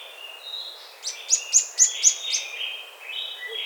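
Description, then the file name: Bird giving a rapid burst of several high, clipped chirps layered over softer, lower whistled notes that continue afterward. "SABIOD 50 bird 2015"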